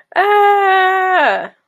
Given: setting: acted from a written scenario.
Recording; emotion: vocal sound without words; triumph